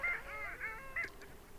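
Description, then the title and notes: Long-tailed Duck calls, a few short nasal honking notes with yodel-like rising and falling inflections, over faint background hiss. "Alli. Pertti Koskimies"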